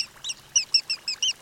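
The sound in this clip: Western Sandpiper calls: a quick series of several thin, high, squeaky notes.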